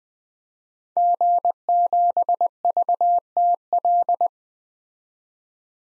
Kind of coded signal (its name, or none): Morse code